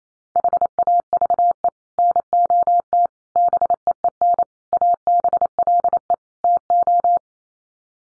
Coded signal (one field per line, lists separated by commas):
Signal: Morse code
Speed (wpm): 28 wpm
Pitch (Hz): 700 Hz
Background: none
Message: HAVE NOT BEEN ABLE TO